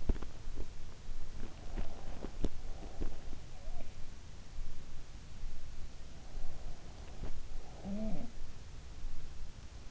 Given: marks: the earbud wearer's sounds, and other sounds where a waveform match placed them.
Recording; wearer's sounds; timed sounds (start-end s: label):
sounds in sleep by an in-ear microphone; teeth grinding
0.00-0.71 s: teeth grinding
1.69-3.27 s: teeth grinding
7.57-8.54 s: sound from someone else or the room